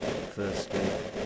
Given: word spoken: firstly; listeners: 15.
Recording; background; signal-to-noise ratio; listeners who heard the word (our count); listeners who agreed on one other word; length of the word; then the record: one English word in noise, from a listening test; noise modulated by three-talker babble; -3.8 dB; 3 of 15; 10 of 15; 0.86 s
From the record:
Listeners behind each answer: 10, 3, 1, 1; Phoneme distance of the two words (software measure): 17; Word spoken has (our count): 2 syllables, 6 phonemes, stress on syllable 1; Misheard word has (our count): 2 syllables, 5 phonemes, stress on syllable 1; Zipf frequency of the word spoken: 4.17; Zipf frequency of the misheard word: 3.69